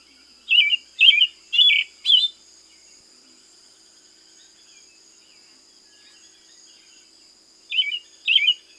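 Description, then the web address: Black-billed thrush singing short warbled phrases, four in quick succession, a pause, then two more, over a steady high-pitched whine. South America. "Natures Songs S America Black-billed Thrush"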